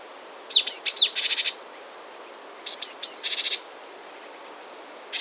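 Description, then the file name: Great tit calling: short sharp high notes run into a dry buzzy chatter, the whole phrase given twice about two seconds apart. "Parus major"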